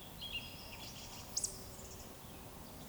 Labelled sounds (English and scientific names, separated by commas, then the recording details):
Eurasian Woodcock (Scolopax rusticola) whistle
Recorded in Baden-Württemberg, Germany, on 19 May 2020 at 19:37 UTC
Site 31917, 145 m above sea level